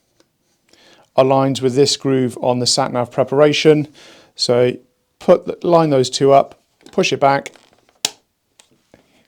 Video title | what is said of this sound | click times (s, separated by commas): How Easy Is It To Add This Touchscreen To Your BMW Bike? | listen for the click, and that is now plugged in. | 8.0 s